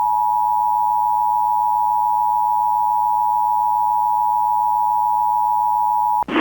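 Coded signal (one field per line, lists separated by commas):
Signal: Emergency Alert System (SAME) tones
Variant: 853 and 960 Hz attention tone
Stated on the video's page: Mock alert, not a real activation.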